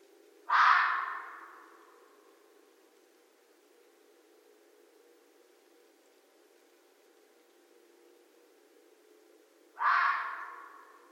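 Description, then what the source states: Red fox giving two loud, raspy barks roughly nine seconds apart, with quiet in between and a lingering fade after each. Recorded 13 January 2012.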